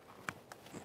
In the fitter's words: thank you now we can make our way to the ABS wire press that in listen for a click make sure it's secured together